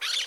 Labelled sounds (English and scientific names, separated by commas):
Brown-throated Parakeet (Eupsittula pertinax) contact call